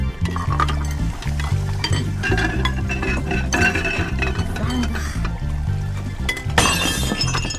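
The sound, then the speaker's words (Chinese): Dishes clatter and clink while being washed up at home, then crash and shatter in a few sharp bursts, with steady background music playing underneath throughout. “哎呦，真倒霉！算了，不洗碗了，我还是先洗衣服吧。”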